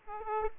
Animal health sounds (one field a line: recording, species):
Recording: mosquito wingbeat signal from an infrared sensor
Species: Aedes aegypti